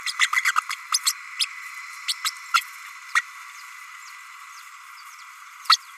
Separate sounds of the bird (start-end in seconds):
0.06-0.13, 0.18-0.28, 0.36-0.41, 0.44-0.52, 0.56-0.61, 0.92-1.00, 1.05-1.14, 1.39-1.46, 2.08-2.13, 2.24-2.30, 2.54-2.61, 3.15-3.21, 5.69-5.78